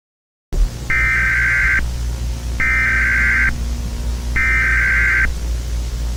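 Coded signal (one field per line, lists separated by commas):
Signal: Emergency Alert System (SAME) tones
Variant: header bursts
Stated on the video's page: Simulated Halloween EAS scenario.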